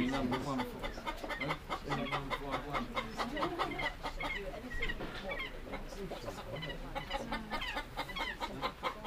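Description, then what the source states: Chicken: hens clucking, a thick chorus of quick repeated clucks from many birds with no pause. Hens, Campsea.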